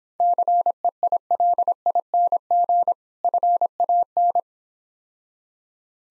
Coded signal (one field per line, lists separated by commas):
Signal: Morse code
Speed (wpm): 26 wpm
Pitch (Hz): 700 Hz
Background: none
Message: CEILING FAN